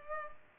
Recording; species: mosquito wingbeat signal from an infrared sensor; Culex pipiens